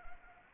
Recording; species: mosquito wingbeat signal from an infrared sensor; Anopheles arabiensis